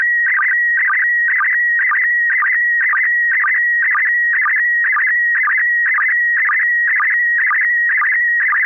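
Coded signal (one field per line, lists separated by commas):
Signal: SSTV (slow-scan television)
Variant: PD120 mode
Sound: steady high whistle broken twice a second by warbling chirps with low sync blips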